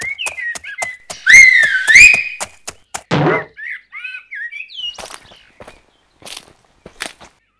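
A loud, shrill whistle slides upward and holds a high tone, ringing out over sharp thumps and clacks, followed by a few short chirping whistles and scattered knocks.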